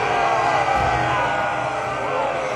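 A loud, sustained orc war cry from World of Warcraft: Doomhammer raises his warhammer overhead with both hands and roars, and the Horde warriors join in. A chorus of deep bellowing roars and yells holds steady for a few seconds like a shouting crowd, with no speech.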